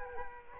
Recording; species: mosquito wingbeat signal from an infrared sensor; Culex quinquefasciatus